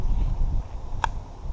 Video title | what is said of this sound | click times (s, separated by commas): Buck Selkirk | system itself nice click on it the gas holds knife in there very well look at that I am | 1.0 s